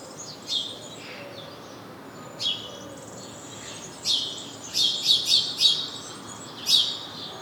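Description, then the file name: House sparrow chirps, short bright notes in loose irregular bursts, clustering into a quick series in the second half, over a soft steady background hiss. "Passer domesticus"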